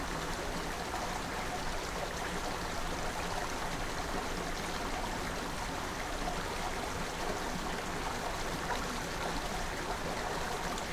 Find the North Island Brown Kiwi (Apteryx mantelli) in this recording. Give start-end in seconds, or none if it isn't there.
none